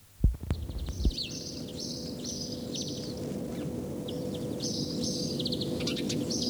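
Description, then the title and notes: House Sparrow chirping, with short repeated high chirps and clicky notes overlapping in a steady chatter after a few low knocks at the start, over a constant low hum. Spring, Päijät-Häme, Finland. "Ilkka Heiskanen Kevät - Luontoääniä Päijät-Hämeestä Varpunen"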